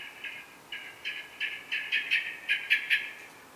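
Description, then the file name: Common blackbird call, a run of sharp chacking notes that start spaced and speed up into a rapid, loud chatter before stopping. "Turdus merula"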